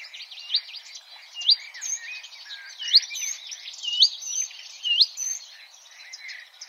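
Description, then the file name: Marsh warbler singing a fluent, varied medley of sweet upslurred whistles, twitters and scratchy notes, with a bright rising whistle recurring roughly every second. "suara kicauan burung marsh warbler. omkicau"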